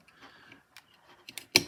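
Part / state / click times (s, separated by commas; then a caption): heatsink spring push pin into circuit board mounting hole / seated / 1.6 s. A spring-loaded plastic push pin on a heatsink and fan is pressed through a mounting hole on a RockPro64 single-board computer until it locks. Faint handling rustle and small ticks lead up to a sharp, bright click at 1.6 s, which confirms the pin is seated.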